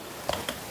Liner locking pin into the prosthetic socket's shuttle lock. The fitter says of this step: there we go did you hear that yes so that's when you know that it's engaged